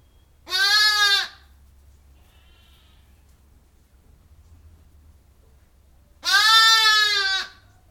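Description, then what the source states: Sheep giving two drawn-out bleats about six seconds apart, with faint bird chirps in the quiet gap between them. A ewe outside gives occasional replies, recorded from inside a barn with some birds in the background.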